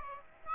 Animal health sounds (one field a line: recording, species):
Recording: mosquito wingbeat signal from an infrared sensor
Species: Aedes aegypti